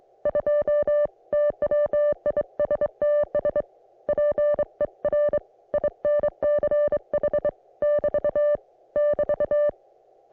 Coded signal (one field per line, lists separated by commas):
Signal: Morse code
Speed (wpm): 25 wpm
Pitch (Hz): 590 Hz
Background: music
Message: 2 TWISTS PER INCH <BT> <BT>